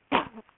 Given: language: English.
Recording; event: throat vibration sensor signal played as sound; cough